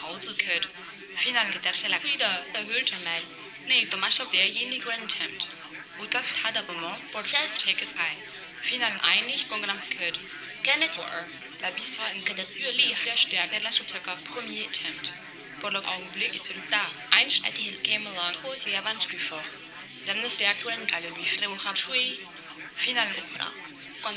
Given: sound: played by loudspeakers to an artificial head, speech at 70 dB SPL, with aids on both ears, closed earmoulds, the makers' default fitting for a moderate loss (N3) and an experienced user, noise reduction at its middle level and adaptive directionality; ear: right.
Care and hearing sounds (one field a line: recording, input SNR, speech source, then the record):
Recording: speech test signal (ISTS) in cocktail-party noise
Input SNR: 0 dB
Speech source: in front (0 degrees)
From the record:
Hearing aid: class 1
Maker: B